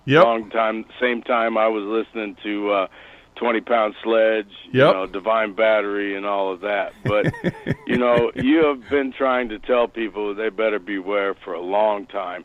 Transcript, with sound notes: Longtime, same time I was listening to, uh, 20 Pound Sledge-
Yep.
... you know, Divine Battery and all of that. But-
(laughs)
... you know, you have been trying to tell people they better beware for a long time,